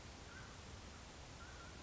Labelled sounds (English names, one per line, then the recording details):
Mountain Quail
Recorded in Sonoma County, California